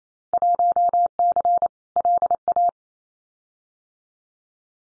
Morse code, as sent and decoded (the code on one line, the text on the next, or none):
.---- -.-. / .-.. .-
1C LA